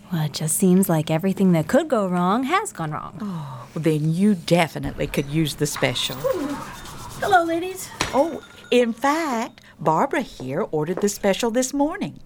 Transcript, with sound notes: Well, it just seems like everything that could go wrong, has gone wrong.
Then you definitely could use the special.
(Door opens) Hello, ladies.
Oh, in fact, Barbara here ordered the special this morning.